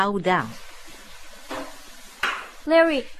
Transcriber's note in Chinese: household utensil noise